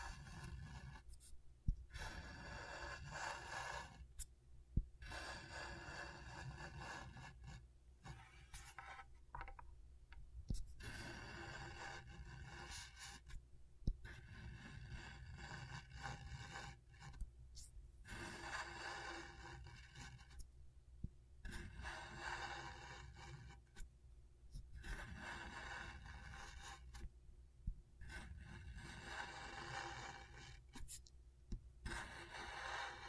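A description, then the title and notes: Scratching on a scratchboard: repeated rasping, scraping strokes in bursts of a second or two, separated by brief quieter gaps. The strokes are gritty and bright, with a low rumble beneath, and a few sharp ticks stand out near 2, 5 and 10 seconds. ASMR Brain Tingling Scratchboard (No Talking).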